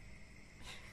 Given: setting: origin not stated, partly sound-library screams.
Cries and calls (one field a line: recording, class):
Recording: one-second piece from a danger detection set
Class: normal situation